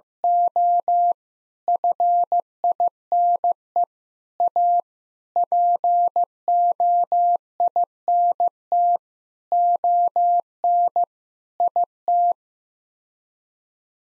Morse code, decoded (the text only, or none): O FINE A POINT ON IT